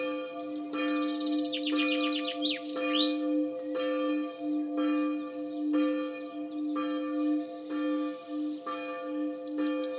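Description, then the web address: Bird song: quick, high notes falling in pitch and a short trill early on, over a low hum that pulses about once a second. "cianscape birddata Deverinetal 2025 Bird Only"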